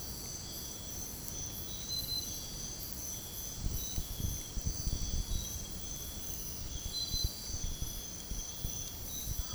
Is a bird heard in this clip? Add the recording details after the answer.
no. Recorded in dense forest near Puerto Asís, Putumayo, Colombia, on 29 June 2025 at 05:00. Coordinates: 0.503, -76.323. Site G059